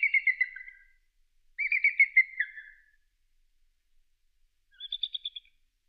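Eagle calling in high, thin chittering series that fall slightly in pitch, two long runs and a shorter quick burst of piping notes, with silence between.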